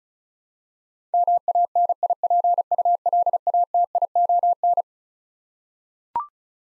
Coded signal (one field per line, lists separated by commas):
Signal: Morse code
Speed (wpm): 36 wpm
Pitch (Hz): 700 Hz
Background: none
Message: MANIPULATION